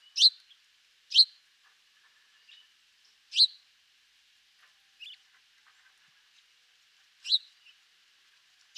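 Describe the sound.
House sparrow giving loud, abrupt chirps spaced unevenly, a couple close together, then longer pauses, with a few faint notes between.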